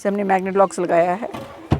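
Someone talks about the magnetic lock fitted to a storage cabinet door in a Maruti Suzuki Omni campervan conversion, with a brief thump near the very end. The door is being handled but has not yet shut: nothing has seated or clicked yet.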